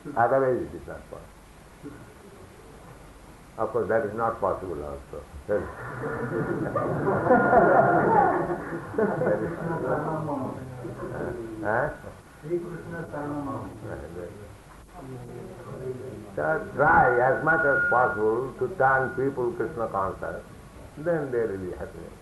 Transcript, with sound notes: Otherwise it is not possible. Of course, that is not possible also. [laughter] [indistinct] So try as much as possible to turn people Kṛṣṇa conscious, then there will be happiness.